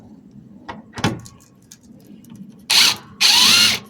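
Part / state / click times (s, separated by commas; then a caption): Phillips wood screw in a trailer deck board / stripped / 2.7 s. A cordless drill tries to back a Phillips deck screw out of a wooden trailer deck board. The bit slips in the head with a loud burst at 2.7 s and runs again from about 3.2 s, with a few small knocks before. The screw is stripped, and the bit cams out of it.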